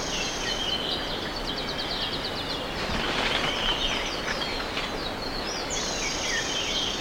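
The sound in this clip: Bird calls: many high chirps and quick trills overlapping over steady background noise.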